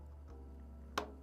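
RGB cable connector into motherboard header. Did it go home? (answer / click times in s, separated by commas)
yes / 1.0 s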